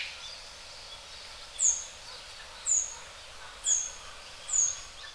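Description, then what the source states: Japanese thrush giving thin, very high, down-slurred whistled calls, four times about once a second, over steady background hiss. Recorded in Hyogo, Japan; dated 0804.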